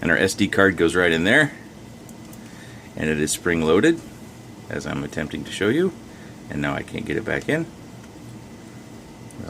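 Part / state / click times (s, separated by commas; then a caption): SD memory card into the spring-loaded card slot of a camera/DVR unit / seated / 9.3 s. An SD memory card is pushed into the spring-loaded card slot of a camera/DVR unit with a small tool after it would not go back in, while someone talks throughout. A short, sharp click is heard at 9.3 s as the card seats.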